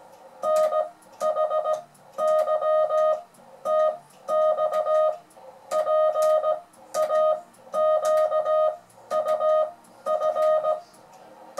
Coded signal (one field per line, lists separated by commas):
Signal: Morse code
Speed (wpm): 17 wpm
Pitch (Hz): 620 Hz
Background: music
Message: NHYTX PAQUF